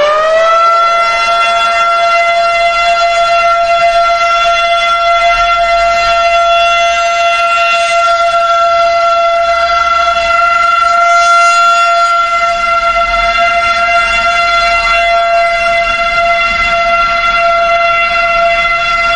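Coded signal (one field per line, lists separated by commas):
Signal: siren signal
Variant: Federal Signal Model 5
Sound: loud, steady, harmonic-rich mechanical siren wail held at one pitch throughout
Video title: Classic Siren Recordings - Federal Signal Model 5 short alert (intense!)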